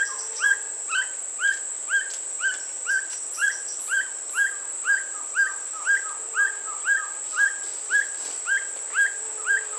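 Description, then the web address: Black bushbird calls: short hooked notes that rise then drop, repeated steadily about twice a second, over a constant thin high-pitched whine. "Black Bushbird. پرنده-بیشه-مرغ-سیاه"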